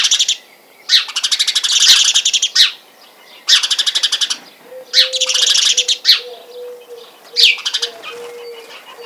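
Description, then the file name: House sparrow chirping in bursts of rapid, harsh repeated notes, separated by short pauses, with a steady low tone running beneath in the second half. "Passer domesticus"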